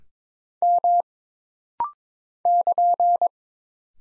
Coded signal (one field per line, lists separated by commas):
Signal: Morse code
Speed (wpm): 22 wpm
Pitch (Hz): 700 Hz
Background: none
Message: M <KN>